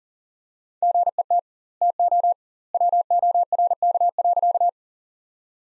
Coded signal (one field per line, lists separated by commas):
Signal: Morse code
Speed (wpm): 37 wpm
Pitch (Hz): 700 Hz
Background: none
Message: GET TO WORK.